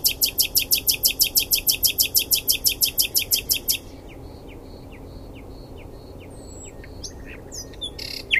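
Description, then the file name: Common nightingale song: a long fast rattle of loud repeated notes over three seconds, then soft descending slurred notes and a few high whistles. "Luscinia megarhynchos"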